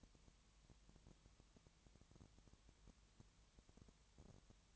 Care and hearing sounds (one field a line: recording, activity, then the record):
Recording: daily activity, microphone in the room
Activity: no activity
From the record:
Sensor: 3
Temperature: 20.6 degrees Celsius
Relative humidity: 34.7%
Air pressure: 1007.2 hPa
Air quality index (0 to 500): 136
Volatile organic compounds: 3 ppm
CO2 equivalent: 1519 ppm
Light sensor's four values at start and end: 2/3/2/2 and 2/3/2/2